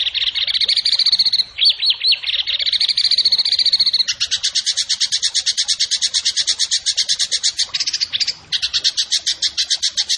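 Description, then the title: Bird song made of long, fast, rattling trills at a high pitch, with brief breaks and a few slurred notes between trill runs. Masteran training recording of a bird singing energetically (gacor) in the tembakan style, Indonesia. "Masteran Burung Tembakan Gacor"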